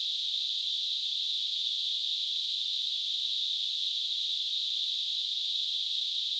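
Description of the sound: A simulated tinnitus sound: a steady, unbroken high-pitched hiss in a narrow band centered around 3 to 4 kHz, constant in loudness throughout, with no low-frequency content.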